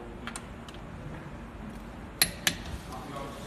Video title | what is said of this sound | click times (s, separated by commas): Re and re drive shaft - Auto CPT | you hear a click that means it's torqued | 2.2 s, 2.5 s